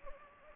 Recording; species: mosquito wingbeat signal from an infrared sensor; Anopheles gambiae